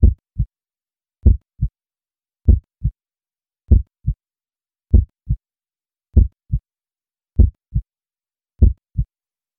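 Steady paired low thumps of a human heartbeat, a louder first beat followed closely by a softer second, about 49 beats a minute with an even rhythm and no background noise between beats.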